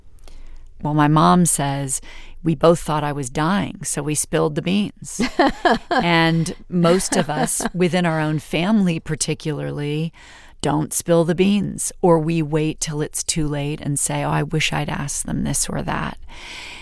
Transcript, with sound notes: Well, my mom says, we both thought I was dying, so we spilled the beans.
(Laughter).
And most of us, within our own family particularly, don't spill the beans, or we wait till it's too late and say, oh, I wish I'd asked them this or that.